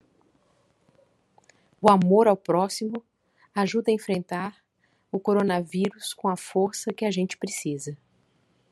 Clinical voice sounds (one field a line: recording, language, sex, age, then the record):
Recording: spoken sentence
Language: Brazilian Portuguese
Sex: female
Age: 40 to 49 years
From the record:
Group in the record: control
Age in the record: 42 years